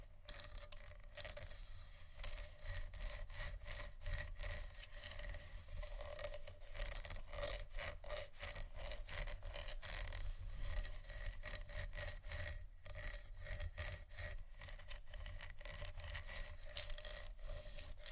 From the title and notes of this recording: ASMR Scratching Only For Sleep & Relaxation (No Talking).